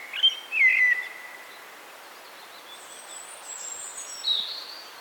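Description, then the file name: Common blackbird song: one short fluty whistled phrase at the start, then thin high squeaks. "Turdus merula"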